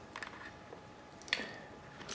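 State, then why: Not seated. A crimped terminal is pushed into the female side of a wiring plug housing, but its barb does not catch because the terminal was reversed. Faint plastic ticks and rubbing sounds are heard, with one sharper tap at about 1.3 s. Nothing has seated or clicked yet, and the terminal is not locked in.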